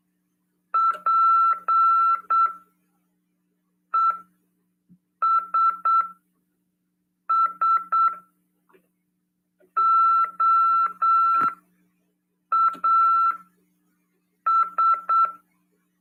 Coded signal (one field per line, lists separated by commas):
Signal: Morse code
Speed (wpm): 8 wpm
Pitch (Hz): 1340 Hz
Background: none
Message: PESSOAS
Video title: RADIOAMADOR 2ªEd. 21/12/2022 "AULA 48: CW, LEGIS e C.RODADA" FM 146.410 Mhz PY2EXU PAULO CRASP/RAF.